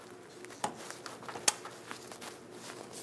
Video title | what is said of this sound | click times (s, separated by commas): How to Replace Fuel Pump Module Assembly 2003-2025 Chevrolet Express 2500 | Sure that clip clips into place. | 1.5 s